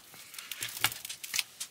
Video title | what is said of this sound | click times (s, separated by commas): My waters out... | you gotta hear two clicks bam | 0.8 s, 1.4 s